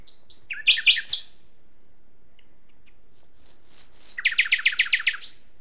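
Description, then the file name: Common nightingale song: a few strong chirps, a pause, then soft high whistles leading into a quick run of repeated throbbing notes. "Luscinia megarhynchos"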